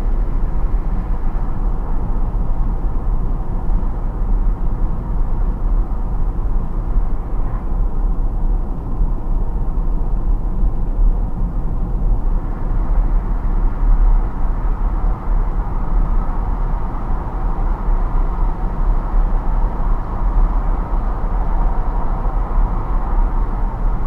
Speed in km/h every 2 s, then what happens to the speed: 70, 70, 70, 70, 70, 70, 70, 70, 70, 68, 70, 70.
0-24 steady at about 70.